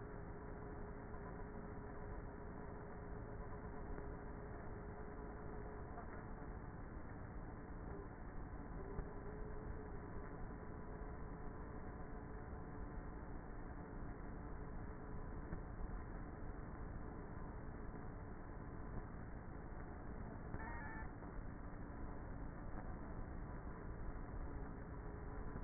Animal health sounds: honeybee colony, microphone inside the hive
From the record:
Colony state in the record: queenless with a low population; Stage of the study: before two queens were removed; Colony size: about 30,000 bees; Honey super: no

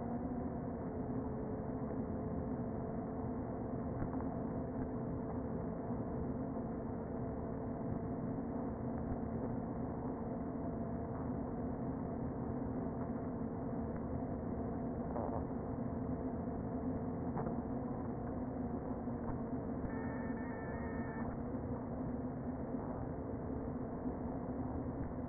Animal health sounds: honeybee colony, microphone inside the hive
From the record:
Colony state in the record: queen present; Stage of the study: before two queens were removed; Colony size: about 60,000 bees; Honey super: yes

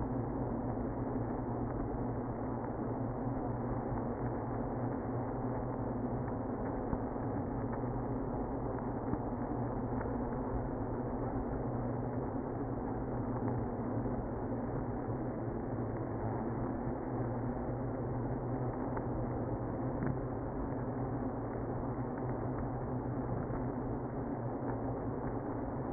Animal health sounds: honeybee colony, microphone inside the hive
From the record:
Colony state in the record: queenless (queen removed); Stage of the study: after two queens were removed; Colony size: about 60,000 bees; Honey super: yes

